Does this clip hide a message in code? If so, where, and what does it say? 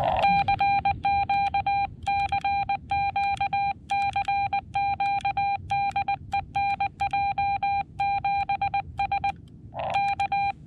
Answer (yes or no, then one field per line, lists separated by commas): yes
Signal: Morse code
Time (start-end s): 0.2-10.5 s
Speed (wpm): 20 wpm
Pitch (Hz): 800 Hz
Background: none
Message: CQ CQ CQ DE NJ7S K